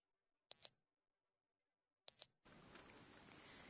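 Two short, bright electronic beeps of a barcode scanner reading at a checkout, evenly spaced about a second and a half apart, followed by a soft steady background hiss.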